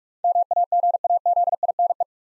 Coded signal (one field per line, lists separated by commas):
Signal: Morse code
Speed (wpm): 46 wpm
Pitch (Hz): 700 Hz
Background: none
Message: MAGAZINE